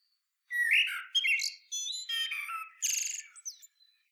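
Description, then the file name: Common blackbird song: one long, varied phrase of fluty, warbled notes, ending in a bright, chattering high twitter. "Turdus merula"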